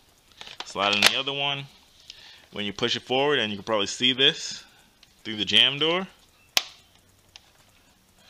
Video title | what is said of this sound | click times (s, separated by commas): [REVIEW] Nerf Double Dealer Unboxing, Review, and Firing Test (Nerf Doomlands 2169 new Nerf guns) | make sure the darts facing forward make sure the arrows pointing towards the barrels slide it in so you hear the click | 0.6 s